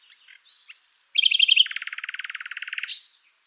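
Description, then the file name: Common nightingale song phrase: thin opening notes, a quick bright trill, then a long rapid rattling series of repeated notes ending in a sharp upward flick. "Luscinia megarhynchos"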